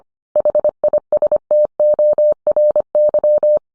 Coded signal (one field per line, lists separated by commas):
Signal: Morse code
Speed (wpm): 25 wpm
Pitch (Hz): 600 Hz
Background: none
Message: HISTORY